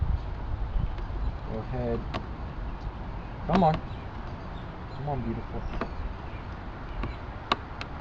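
A plastic glove box is pushed back into a car's dashboard while someone talks over a low background rumble. A sharp click at 7.5 seconds marks it snapping back into place, seated.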